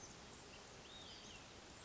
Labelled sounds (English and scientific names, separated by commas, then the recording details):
Olive-sided Flycatcher (Contopus cooperi)
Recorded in Sonoma County, California